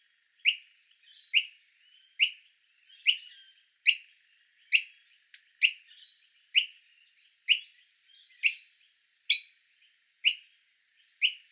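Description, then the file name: Noisy Miner begging calls, a harsh chip-like note repeated steadily about once per second, with faint softer chatter between notes. Juvenile asking to be fed. "Noisy Miner Juvenile Feed Me"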